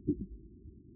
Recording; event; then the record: neck accelerometer signal played as sound; voluntary cough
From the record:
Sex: female